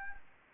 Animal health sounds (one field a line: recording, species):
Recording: mosquito wingbeat signal from an infrared sensor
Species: Anopheles gambiae